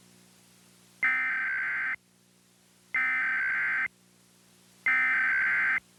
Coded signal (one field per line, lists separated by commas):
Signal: Emergency Alert System (SAME) tones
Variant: header bursts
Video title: EAS Mock #37: Nuclear Terrorism.